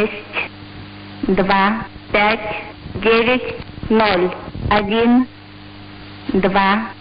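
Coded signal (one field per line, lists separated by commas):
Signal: numbers station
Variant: S06s, Russian female voice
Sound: a woman's voice saying short, evenly spaced words, about six in seven seconds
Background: radio hum and static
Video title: 20 07 2021 Number station S06s Russian Lady in Russian to Eu 0733 on 7365 unknown tx site in CUSB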